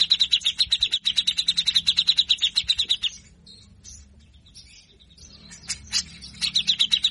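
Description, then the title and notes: Grey-cheeked bulbul song: a rapid rattling series of high harsh notes for three seconds, a quiet gap with odd chips, then the fast series restarts. Masteran training audio for songbirds; energetic (gacor) bird; song styles named besetan kasar, mbeset and ngepik. "MASTERAN CUCAK JENGGOT GACOR FULL BESETAN KASAR. Masteran cucak Jenggot gacor Mbeset Ngepik. Burung cucak jenggot"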